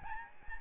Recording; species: mosquito wingbeat signal from an infrared sensor; Aedes albopictus